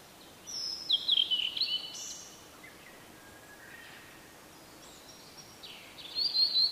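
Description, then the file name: Blue-and-white flycatcher song: a warbled, whistled phrase with slurred high notes near the start, a quiet stretch, then another whistled phrase at the end. "oruri"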